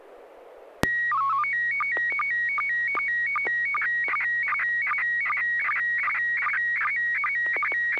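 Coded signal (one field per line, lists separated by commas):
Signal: SSTV (slow-scan television)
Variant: PD 50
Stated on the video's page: SSTV net on a 441.300 MHz FM repeater in Sacramento, sent with MMSSTV software.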